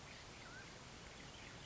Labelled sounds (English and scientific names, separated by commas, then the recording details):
Mountain Quail (Oreortyx pictus)
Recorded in Sonoma County, California